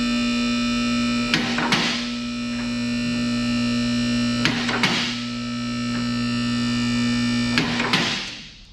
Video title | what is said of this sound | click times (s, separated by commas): How to install a two post automotive lift? | and you'll see i'm talking about how i have one click and then the other click | 1.3 s, 1.7 s, 4.5 s, 4.8 s, 7.6 s, 7.9 s